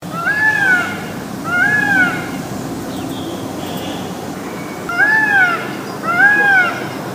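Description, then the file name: Indian peafowl giving loud, wailing, meow-like calls with an arched pitch, two pairs of calls separated by a quiet gap, over a steady low background hiss. "Peacocks"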